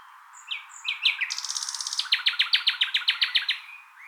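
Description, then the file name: Common nightingale song: a few short chirps, a buzzing rush, then a strong rapid series of many repeated notes. "Luscinia megarhynchos"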